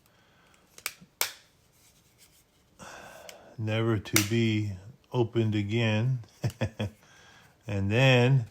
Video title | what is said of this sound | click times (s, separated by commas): Fanhome build the1966 Batmobile. Pack 9, stages 51-56. View my fav tools in description below. | and uh insert it over here and it's supposed to lock into place, | 1.2 s